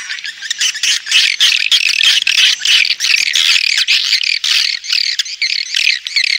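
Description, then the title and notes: Swiftlet chirping calls, rapid, high, buzzy twitters in quick bursts with short gaps. Swiftlet farming sound from Asia. "Swiflet Bird Sound. Farming Swiflet Bird asia sound"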